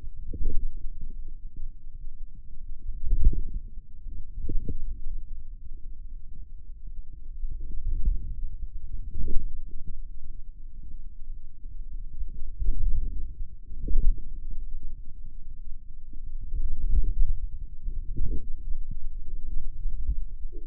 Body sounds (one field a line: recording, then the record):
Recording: forearm muscle sounds (acoustic myography)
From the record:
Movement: inward rotation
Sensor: system 2, bracelet of six BSWA MPA416 microphones around the upper forearm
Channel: 4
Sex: male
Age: 22 years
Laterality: right